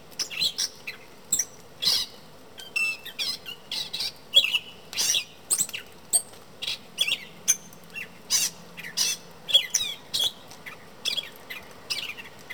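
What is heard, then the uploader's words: A mockingbird-type bird sings on a front porch, throwing out a rapid, varied string of bright chirps, squawks and short whistled phrases with barely a pause. Each burst is brief and sharp, repeating about every half second. A faint low hum sits underneath. The bird in my front porch (field recording). A recording I made of a mockingbird-type bird that sings in my front porch every morning in the summer.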